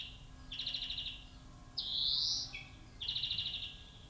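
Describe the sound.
European greenfinch calls: a buzzy trilled note, then a long rising wheeze, then another buzzy trill, all high-pitched.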